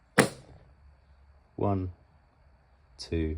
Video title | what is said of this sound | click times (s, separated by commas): Adrenalin Auto Injector SD 480p | depress down in a sharp fluid motion until you hear a click. And you hold that for three seconds. So I'll do that now. | 0.2 s